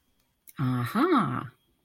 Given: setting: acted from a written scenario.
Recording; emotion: vocal sound without words; realization